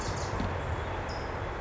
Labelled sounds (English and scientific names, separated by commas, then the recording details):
California Towhee (Melozone crissalis)
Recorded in Sonoma County, California